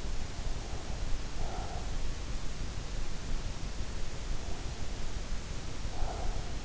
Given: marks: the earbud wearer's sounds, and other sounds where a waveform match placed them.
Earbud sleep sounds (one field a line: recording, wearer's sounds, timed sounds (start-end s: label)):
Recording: sounds in sleep by an in-ear microphone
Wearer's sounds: breath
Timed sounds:
0.28-2.10 s: breath
5.78-6.65 s: breath